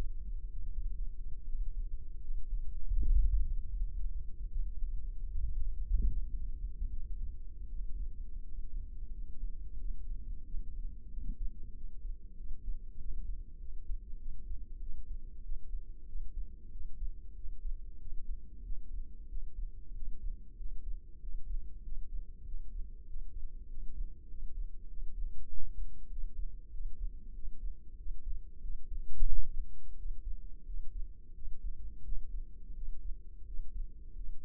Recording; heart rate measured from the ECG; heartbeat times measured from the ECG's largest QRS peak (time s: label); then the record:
heart sounds by microphone in the left ear; 90 bpm
0.72 s: heartbeat
1.48 s: heartbeat
2.24 s: heartbeat
2.99 s: heartbeat
3.75 s: heartbeat
4.53 s: heartbeat
5.31 s: heartbeat
6.11 s: heartbeat
6.92 s: heartbeat
7.70 s: heartbeat
8.44 s: heartbeat
9.14 s: heartbeat
9.81 s: heartbeat
10.47 s: heartbeat
11.12 s: heartbeat
11.76 s: heartbeat
12.39 s: heartbeat
13.00 s: heartbeat
13.61 s: heartbeat
14.21 s: heartbeat
14.82 s: heartbeat
15.44 s: heartbeat
16.08 s: heartbeat
16.73 s: heartbeat
17.37 s: heartbeat
18.00 s: heartbeat
18.65 s: heartbeat
19.30 s: heartbeat
19.96 s: heartbeat
20.59 s: heartbeat
21.22 s: heartbeat
21.85 s: heartbeat
22.47 s: heartbeat
23.09 s: heartbeat
23.70 s: heartbeat
24.30 s: heartbeat
24.90 s: heartbeat
25.50 s: heartbeat
26.11 s: heartbeat
26.73 s: heartbeat
27.36 s: heartbeat
27.99 s: heartbeat
28.63 s: heartbeat
29.30 s: heartbeat
29.98 s: heartbeat
30.67 s: heartbeat
31.36 s: heartbeat
32.05 s: heartbeat
32.76 s: heartbeat
33.47 s: heartbeat
34.17 s: heartbeat
From the record:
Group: healthy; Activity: breath hold 0-4 s, rest 4-35 s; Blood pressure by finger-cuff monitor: 135/85 mmHg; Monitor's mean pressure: 100 mmHg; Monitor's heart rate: 90 bpm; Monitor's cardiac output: 7.2 L/min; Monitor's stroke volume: 82 mL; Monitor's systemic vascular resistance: 1090 dyn s/cm5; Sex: male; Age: 21 years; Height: 175 cm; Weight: 72.6 kg